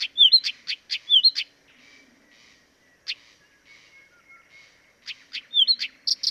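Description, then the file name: Blyth's reed warbler singing quick twisted whistles and ticking notes, a brief quiet gap, then the phrase picks up again with clicks and bright slurs. Dviete. "dviete acrocephalus dumetorum"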